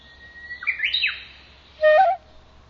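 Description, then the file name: Japanese bush warbler song: a drawn-out steady whistle sliding into a fast warbled flourish, followed by a short loud lower note. "uguisu"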